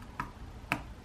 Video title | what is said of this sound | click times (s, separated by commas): How To Fix Troubleshoot Laptop Computer Key, Keys, or Keyboard Not Working | should have to do is press in on the top corners to snap it in just | 0.2 s, 0.7 s